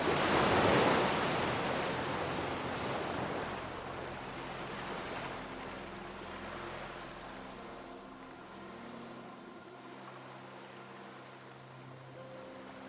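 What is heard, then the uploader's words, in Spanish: A dense wash of falling drops opens the recording loudly, then gradually thins and softens over the first several seconds. As it fades, soft sustained musical notes emerge underneath, low and mellow, with a quiet higher tone appearing near the end. LLUVIA Abundante y MÚSICA Suave. El ritmo delicado de las gotas que caen, acompañadas de una música suave.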